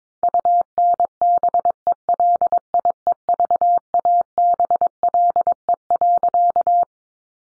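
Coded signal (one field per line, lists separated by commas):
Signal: Morse code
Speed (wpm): 22 wpm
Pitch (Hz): 700 Hz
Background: none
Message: UNBELIEVABLE.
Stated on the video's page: Morse head-copy practice at 22 wpm, sentences sent in Morse, then spoken, then sent again.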